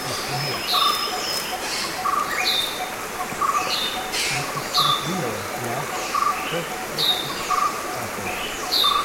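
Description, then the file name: Grey-headed bulbul calls: sharp downslurred high notes repeated about every second and a half, each paired with a lower chirp. "Pycnonotus priocephalus - Grey-headed Bulbul"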